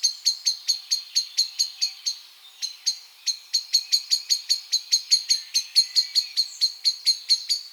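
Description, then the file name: Eurasian blackbird calls, a rapid series of sharp, clicking chinks with a short pause early on, continuing steadily to the end. "Turdus merula"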